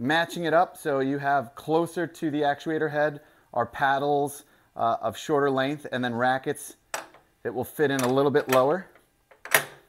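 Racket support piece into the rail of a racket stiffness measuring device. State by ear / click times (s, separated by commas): seated / 9.5 s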